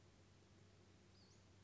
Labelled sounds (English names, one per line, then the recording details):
Western Flycatcher
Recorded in Sonoma County, California